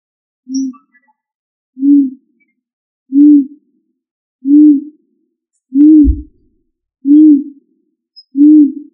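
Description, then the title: Pigeon cooing: a series of seven short, deep, round coos at an even pace of about one every 1.3 seconds, with a single dull thump at the fifth coo. "Columbidae Pomba"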